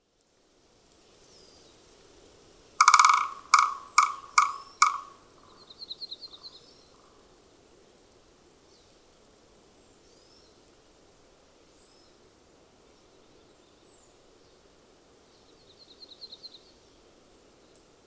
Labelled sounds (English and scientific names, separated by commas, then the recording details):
Williamson's Sapsucker (Sphyrapicus thyroideus) drumming
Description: Williamson's Sapsucker drum recorded at Hollowell Park in Rocky Mountain National Park
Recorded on 30 June 2015